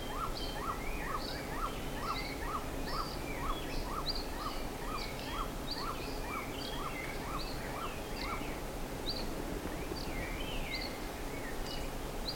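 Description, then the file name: Bird calls: a string of short notes repeated about twice a second, joined by higher chirps and sweeping whistles, all over a steady background hiss. "SABIOD 50 bird 2015"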